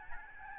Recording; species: mosquito wingbeat signal from an infrared sensor; Aedes albopictus